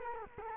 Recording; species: mosquito wingbeat signal from an infrared sensor; Culex quinquefasciatus